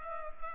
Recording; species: mosquito wingbeat signal from an infrared sensor; Culex pipiens